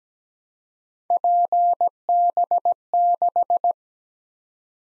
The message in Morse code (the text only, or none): PB6